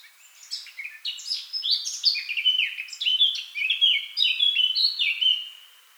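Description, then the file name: Eurasian blackcap song, a rich, fast, continuous warble of chattering notes moving into louder, clear whistled phrases, lasting about five seconds. "Sylvia atricapilla"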